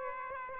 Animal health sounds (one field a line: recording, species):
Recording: mosquito wingbeat signal from an infrared sensor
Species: Aedes aegypti